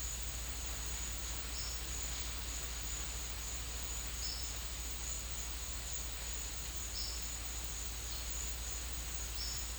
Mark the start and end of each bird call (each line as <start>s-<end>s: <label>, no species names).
1.49s-1.90s: bird call
4.20s-4.51s: bird call
6.92s-7.25s: bird call
9.39s-9.61s: bird call